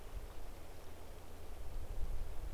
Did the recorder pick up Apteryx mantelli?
no